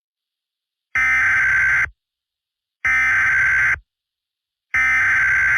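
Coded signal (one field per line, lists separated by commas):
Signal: Emergency Alert System (SAME) tones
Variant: header bursts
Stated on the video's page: Fictional EAS scenario about a pandemic virus.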